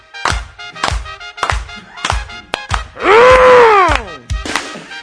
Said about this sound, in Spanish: Quiero que todos hagamos palmas. ¡Hola! ¡Vamos, palma!